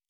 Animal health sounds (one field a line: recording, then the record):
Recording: hydrophone in a shrimp aquaculture tank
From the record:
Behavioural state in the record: normal